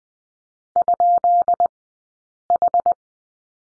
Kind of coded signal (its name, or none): Morse code